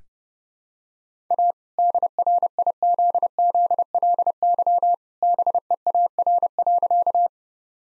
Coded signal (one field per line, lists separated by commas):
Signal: Morse code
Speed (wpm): 30 wpm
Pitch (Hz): 700 Hz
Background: none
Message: A DRIZZLY BEAR.